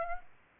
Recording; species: mosquito wingbeat signal from an infrared sensor; Aedes aegypti